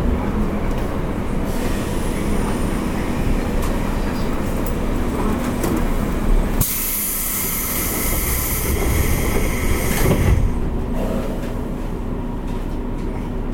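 Running sound of a JR West 201 series train on the Yamatoji line: a steady low rumble with a constant hum and rhythmic rattling. Around six and a half seconds a bright hiss rises and persists until about ten seconds, then the rumble continues.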